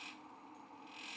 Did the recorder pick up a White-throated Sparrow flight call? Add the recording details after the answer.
no. No flight call is heard. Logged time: 11:37 on 5 December 2014